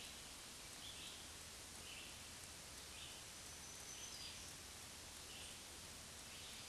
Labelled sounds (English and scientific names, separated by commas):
Black-throated Green Warbler (Setophaga virens) song